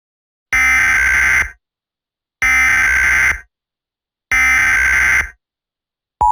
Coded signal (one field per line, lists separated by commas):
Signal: Emergency Alert System (SAME) tones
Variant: header bursts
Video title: Eas Scenario The Superior Race Part2